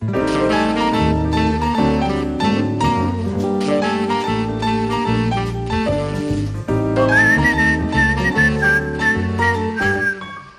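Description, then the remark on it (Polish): A poet whistles a melody to himself over a full, steady musical accompaniment, the bright wavering whistle line standing out clearly in the second half above sustained chords. “Gwiżdżąc sobie amuzą, poeta rozmyśla o kompetencjach władzy.”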